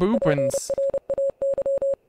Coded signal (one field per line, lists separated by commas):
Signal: Morse code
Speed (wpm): 30 wpm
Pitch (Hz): 550 Hz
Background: speech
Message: PRAY